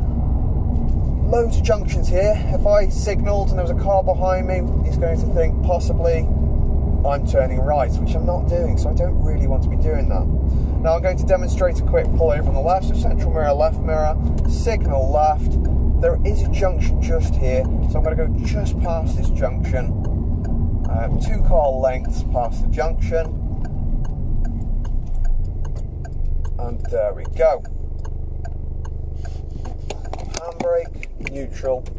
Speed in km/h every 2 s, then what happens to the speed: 32, 34, 34, 34, 34, 32, 34, 34, 32, 31, 26, 23, 11, 3, 0, 0.
0-17 steady at about 34. 17-27 slows to 0. 27-32 standing.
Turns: none.